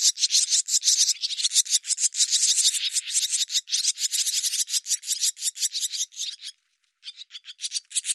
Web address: cianscape birddata Deverinetal 2025 Bird Hi Ru